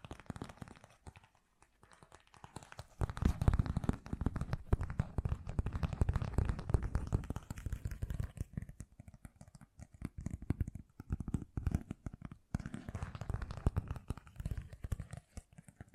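Fast, gentle tapping in dense, irregular flurries, heaviest from about three to eight seconds, thinning into sparser bursts later with brief pauses.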